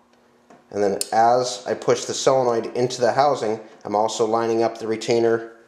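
A governor pressure solenoid with its o-ring is pushed into the metal governor housing of a 42RE/44RE/46RE/47RE/48RE transmission, while the retainer is lined up with the pressure transducer. Someone talks throughout, with faint handling sounds at the start. The part has not snapped into place yet, and nothing has seated or clicked.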